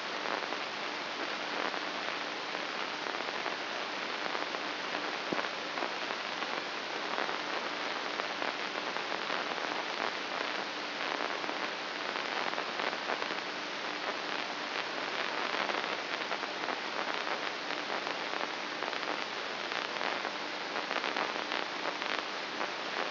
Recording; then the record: brain microelectrode recording played as sound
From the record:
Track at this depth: outside the subthalamic nucleus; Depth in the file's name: 3.044 mm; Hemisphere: left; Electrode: 2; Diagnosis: Parkinson's disease